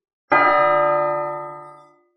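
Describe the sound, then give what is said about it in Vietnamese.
A single clear bell strike rings out across a sea of white clouds over a crowded square, with bright, layered harmonic tones, then hums and slowly fades over about two seconds, with no voices present. “Một tiếng chuông trong trẻo vang lên, ngân nga khắp Vân Hải mây trắng mịt mùng, làm cho tất cả mọi người giật mình.”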